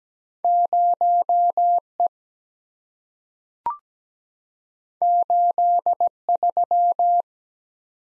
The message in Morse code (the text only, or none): 0E 83